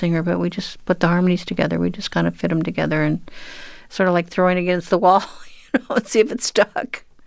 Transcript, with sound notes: But we just put the harmonies together. We just kind of fit them together. And sort of like throwing it against the wall, (laughter) you know and see if it stuck.